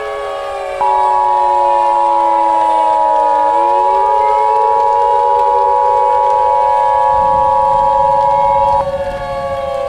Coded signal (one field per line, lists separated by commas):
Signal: Emergency Alert System (SAME) tones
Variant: 853 and 960 Hz attention tone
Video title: EAS Scenario - An Electrifying Escapade